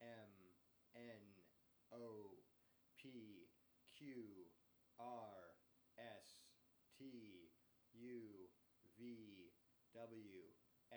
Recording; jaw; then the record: letters of the alphabet, spoken; free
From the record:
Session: first day, before the bite bar